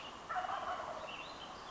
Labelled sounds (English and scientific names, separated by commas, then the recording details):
Wild Turkey (Meleagris gallopavo)
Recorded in Sonoma County, California